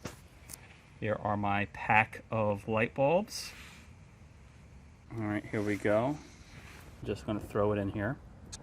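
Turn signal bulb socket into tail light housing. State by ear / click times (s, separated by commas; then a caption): not seated / none. Someone talks while holding a new turn signal bulb in its plastic socket, getting ready to fit it into the rear turn signal light housing of a 2007 Toyota Yaris. Faint brief handling ticks are heard near 0.5 s and 8.5 s. Nothing has seated or clicked yet.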